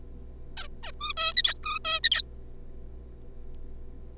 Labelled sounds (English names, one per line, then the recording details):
Zebra Finch
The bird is a juvenile
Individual R3549